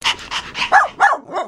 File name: corgi